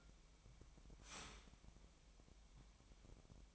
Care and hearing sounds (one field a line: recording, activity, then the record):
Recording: daily activity, microphone in the room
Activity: start toaster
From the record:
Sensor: 1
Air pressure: 1002.0 hPa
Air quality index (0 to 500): 239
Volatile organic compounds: 43 ppm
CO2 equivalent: 3201 ppm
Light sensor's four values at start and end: 10/35/12/14 and 10/35/12/14